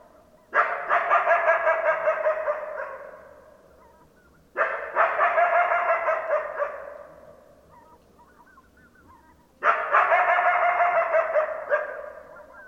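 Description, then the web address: Coyote howls in three loud bursts several seconds apart, each a harmonic wavering cry that starts abruptly and trails off. Several coyotes recorded on 10 December 2012. "sounds mammals Coyote 2012 12 10 Coyotes"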